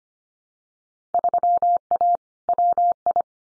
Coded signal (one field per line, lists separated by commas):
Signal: Morse code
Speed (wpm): 25 wpm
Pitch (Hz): 700 Hz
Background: none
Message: 3A WI